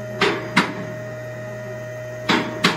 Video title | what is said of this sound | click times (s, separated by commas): Hunter Alignment (AUT 216) | you'll listen for the click sound that's the sound of the locks | 0.6 s, 2.3 s, 2.6 s